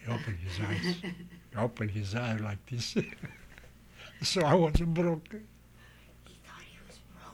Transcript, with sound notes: He opened his eyes, he opened his eyes like this. [laughs] So I was broke.
(whispers) He thought he was broke.